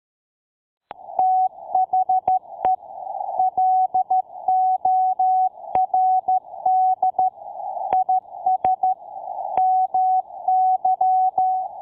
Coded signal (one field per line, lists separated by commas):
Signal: Morse code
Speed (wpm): 13 wpm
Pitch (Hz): 750 Hz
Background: none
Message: THE LORD IS MY